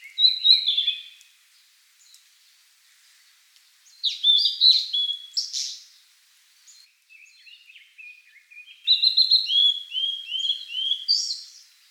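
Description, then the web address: Blue-and-white flycatcher singing three busy phrases of high, slurred and warbling whistles separated by pauses, with faint softer notes between them. Recorded on 7 May 2014. "birdenaga ooruri"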